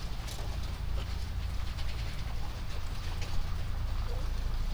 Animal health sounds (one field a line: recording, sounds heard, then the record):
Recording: poultry house recording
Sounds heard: sick chickens (respiratory disease)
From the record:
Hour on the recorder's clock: 4